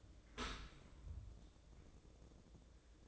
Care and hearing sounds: daily activity, microphone in the room; open dishwasher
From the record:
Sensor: 3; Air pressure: 1012.3 hPa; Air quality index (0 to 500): 153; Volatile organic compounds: 2 ppm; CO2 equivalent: 1178 ppm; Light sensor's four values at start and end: 472/1158/476/468 and 478/1173/483/475

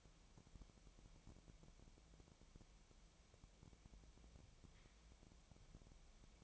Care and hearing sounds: daily activity, microphone in the room; wipe stove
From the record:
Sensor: 1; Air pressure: 1001.6 hPa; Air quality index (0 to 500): 218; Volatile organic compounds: 27 ppm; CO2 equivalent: 2897 ppm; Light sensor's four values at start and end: 7/28/10/11 and 7/28/10/11

